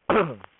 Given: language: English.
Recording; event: throat vibration sensor signal played as sound; throat clearing